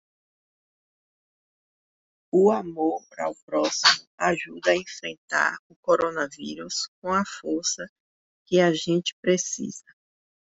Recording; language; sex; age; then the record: spoken sentence; Brazilian Portuguese; female; 50 to 59 years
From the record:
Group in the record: control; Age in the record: 56 years